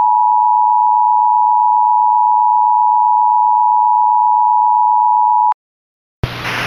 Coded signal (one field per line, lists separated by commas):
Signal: Emergency Alert System (SAME) tones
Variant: 853 and 960 Hz attention tone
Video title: (EAS MOCK) "Lock your doors."